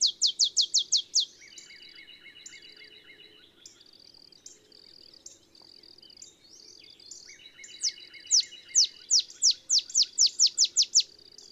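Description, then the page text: Olive sparrow song, a quick run of sharp descending chips, heard twice, with another bird's buzzy trills and whistled notes in between. Male singing; simple songs like a field sparrow's bouncing-ball song, early morning, Texas, 50 miles north of the Mexican border. "Birdsong for the Curious Naturalist. Olive sparrow"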